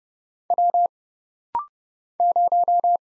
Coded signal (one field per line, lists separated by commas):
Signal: Morse code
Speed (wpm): 30 wpm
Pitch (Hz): 700 Hz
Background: none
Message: W 0